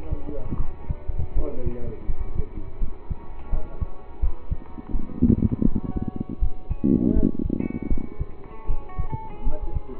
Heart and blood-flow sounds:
heart sounds by stethoscope; between the tricuspid and mitral areas; 81 bpm
0.56 s: heartbeat
1.33 s: heartbeat
2.06 s: heartbeat
2.78 s: heartbeat
3.50 s: heartbeat
4.19 s: heartbeat
4.91 s: heartbeat
5.64 s: heartbeat
6.39 s: heartbeat
7.13 s: heartbeat
7.88 s: heartbeat
8.66 s: heartbeat
9.43 s: heartbeat
From the record:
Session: rest, lying down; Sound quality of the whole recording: partially saturated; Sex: male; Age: 27 years

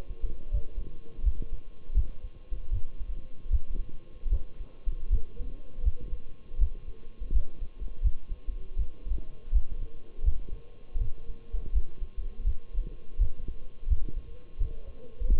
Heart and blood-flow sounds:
heart sounds by stethoscope; between the tricuspid and mitral areas; 81 bpm
0.53 s: heartbeat
1.25 s: heartbeat
1.96 s: heartbeat
2.72 s: heartbeat
3.52 s: heartbeat
4.31 s: heartbeat
5.12 s: heartbeat
5.85 s: heartbeat
6.60 s: heartbeat
7.34 s: heartbeat
8.03 s: heartbeat
8.78 s: heartbeat
9.54 s: heartbeat
10.25 s: heartbeat
11.00 s: heartbeat
11.74 s: heartbeat
12.46 s: heartbeat
13.20 s: heartbeat
13.89 s: heartbeat
14.60 s: heartbeat
15.30 s: heartbeat
From the record:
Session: Bruce protocol treadmill stress test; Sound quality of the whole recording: partially saturated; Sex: male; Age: 23 years

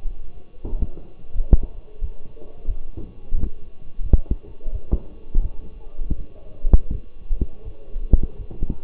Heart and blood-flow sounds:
heart sounds by stethoscope; between the tricuspid and mitral areas; 85 bpm
0.63 s: heartbeat
1.33 s: heartbeat
2.00 s: heartbeat
2.67 s: heartbeat
3.34 s: heartbeat
4.02 s: heartbeat
4.71 s: heartbeat
5.42 s: heartbeat
6.16 s: heartbeat
6.91 s: heartbeat
7.64 s: heartbeat
8.37 s: heartbeat
From the record:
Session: walking at 3.7 km/h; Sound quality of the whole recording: partially saturated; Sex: male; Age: 24 years

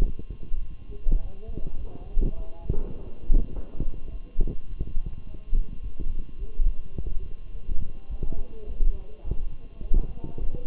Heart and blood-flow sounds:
heart sounds by stethoscope; between the tricuspid and mitral areas; 104 bpm
0.01 s: heartbeat
0.60 s: heartbeat
1.20 s: heartbeat
1.78 s: heartbeat
2.36 s: heartbeat
2.94 s: heartbeat
3.52 s: heartbeat
4.09 s: heartbeat
4.67 s: heartbeat
5.24 s: heartbeat
5.81 s: heartbeat
6.37 s: heartbeat
6.94 s: heartbeat
7.51 s: heartbeat
8.08 s: heartbeat
8.66 s: heartbeat
9.23 s: heartbeat
9.81 s: heartbeat
10.39 s: heartbeat
From the record:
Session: walking at 3.7 km/h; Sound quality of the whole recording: good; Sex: male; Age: 23 years

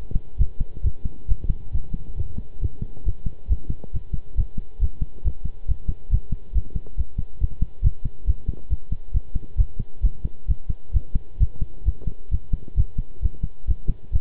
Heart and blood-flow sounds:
heart sounds by stethoscope; between the tricuspid and mitral areas; 135 bpm
0.39 s: heartbeat
0.84 s: heartbeat
1.28 s: heartbeat
1.73 s: heartbeat
2.17 s: heartbeat
2.61 s: heartbeat
3.05 s: heartbeat
3.49 s: heartbeat
3.93 s: heartbeat
4.37 s: heartbeat
4.81 s: heartbeat
5.24 s: heartbeat
5.68 s: heartbeat
6.11 s: heartbeat
6.54 s: heartbeat
6.97 s: heartbeat
7.40 s: heartbeat
7.83 s: heartbeat
8.27 s: heartbeat
8.70 s: heartbeat
9.13 s: heartbeat
9.57 s: heartbeat
10.02 s: heartbeat
10.48 s: heartbeat
10.93 s: heartbeat
11.40 s: heartbeat
11.86 s: heartbeat
12.31 s: heartbeat
12.77 s: heartbeat
13.22 s: heartbeat
13.67 s: heartbeat
14.13 s: heartbeat
From the record:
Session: pedaling a stationary bicycle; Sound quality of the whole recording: good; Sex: male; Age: 23 years

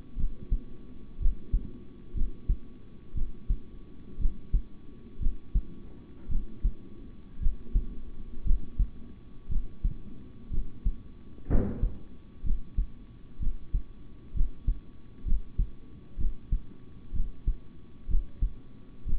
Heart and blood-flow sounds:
heart sounds by stethoscope; between the tricuspid and mitral areas; 60 bpm
0.16 s: heartbeat
1.19 s: heartbeat
2.14 s: heartbeat
3.14 s: heartbeat
4.18 s: heartbeat
5.19 s: heartbeat
6.28 s: heartbeat
7.39 s: heartbeat
8.44 s: heartbeat
9.48 s: heartbeat
10.50 s: heartbeat
11.48 s: heartbeat
12.43 s: heartbeat
13.39 s: heartbeat
14.33 s: heartbeat
15.24 s: heartbeat
16.17 s: heartbeat
17.12 s: heartbeat
18.07 s: heartbeat
19.05 s: heartbeat
From the record:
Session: rest, sitting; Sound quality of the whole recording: good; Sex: male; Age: 26 years

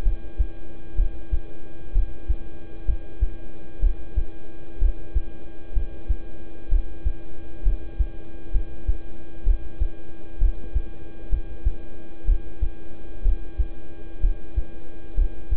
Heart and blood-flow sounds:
heart sounds by stethoscope; between the tricuspid and mitral areas; 63 bpm
0.03 s: heartbeat
0.95 s: heartbeat
1.92 s: heartbeat
2.85 s: heartbeat
3.80 s: heartbeat
4.79 s: heartbeat
5.73 s: heartbeat
6.69 s: heartbeat
7.63 s: heartbeat
8.51 s: heartbeat
9.44 s: heartbeat
10.38 s: heartbeat
11.29 s: heartbeat
12.25 s: heartbeat
13.22 s: heartbeat
14.20 s: heartbeat
15.15 s: heartbeat
From the record:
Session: rest, lying down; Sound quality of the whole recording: good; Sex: male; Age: 26 years

